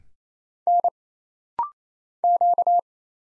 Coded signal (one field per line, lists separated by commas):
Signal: Morse code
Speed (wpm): 27 wpm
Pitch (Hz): 700 Hz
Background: none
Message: N Q